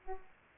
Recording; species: mosquito wingbeat signal from an infrared sensor; Culex pipiens